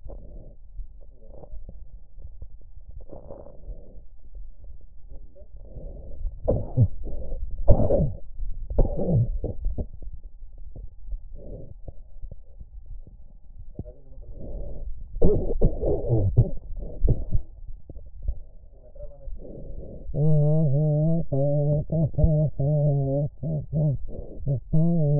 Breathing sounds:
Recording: lung sounds by stethoscope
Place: left anterior apical chest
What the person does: quiet breathing, then cough and speech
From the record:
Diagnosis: COPD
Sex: female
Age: 80 years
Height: 160 cm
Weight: 62 kg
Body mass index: 24.2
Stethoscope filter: extended mode

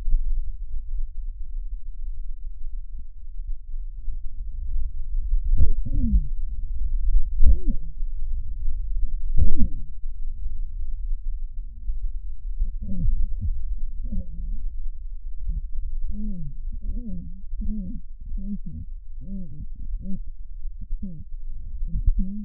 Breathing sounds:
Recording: lung sounds by stethoscope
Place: right posterior basal chest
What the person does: quiet breathing, then cough and speech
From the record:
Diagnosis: interstitial lung disease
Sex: female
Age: 72 years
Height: 153 cm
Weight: 71 kg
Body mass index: 30.3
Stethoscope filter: bell mode

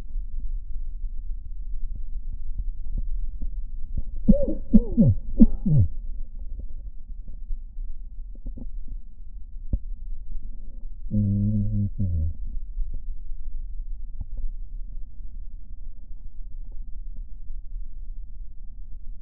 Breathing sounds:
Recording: lung sounds by stethoscope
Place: right posterior basal chest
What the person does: quiet breathing, then cough and speech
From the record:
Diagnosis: COPD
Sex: male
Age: 59 years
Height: 175 cm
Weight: 73 kg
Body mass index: 23.8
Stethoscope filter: diaphragm mode

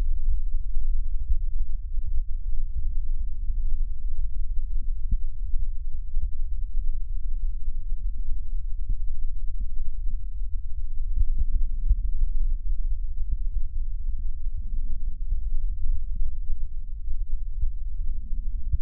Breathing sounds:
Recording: lung sounds by stethoscope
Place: left posterior basal chest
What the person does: quiet breathing, then deep breathing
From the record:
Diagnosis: interstitial lung disease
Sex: male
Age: 65 years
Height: 161 cm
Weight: 74.6 kg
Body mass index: 28.8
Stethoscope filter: bell mode

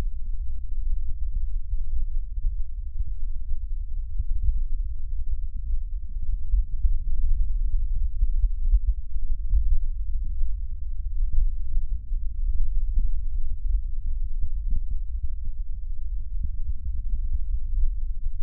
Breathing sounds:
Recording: lung sounds by stethoscope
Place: right anterior apical chest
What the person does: quiet breathing, then deep breathing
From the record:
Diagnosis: interstitial lung disease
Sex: male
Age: 74 years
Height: 160 cm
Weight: 54 kg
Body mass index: 21.1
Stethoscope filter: bell mode

